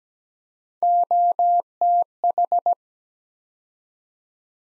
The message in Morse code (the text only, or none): OTH